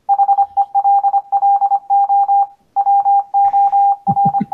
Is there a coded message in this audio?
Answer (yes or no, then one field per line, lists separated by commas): yes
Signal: Morse code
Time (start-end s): 0.1-4.4 s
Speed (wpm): 25 wpm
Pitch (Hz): 800 Hz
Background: none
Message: HELLO WOR